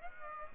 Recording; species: mosquito wingbeat signal from an infrared sensor; Aedes aegypti